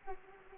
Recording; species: mosquito wingbeat signal from an infrared sensor; Anopheles arabiensis